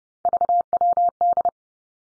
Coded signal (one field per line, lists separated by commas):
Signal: Morse code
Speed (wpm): 30 wpm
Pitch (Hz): 700 Hz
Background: none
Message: VWD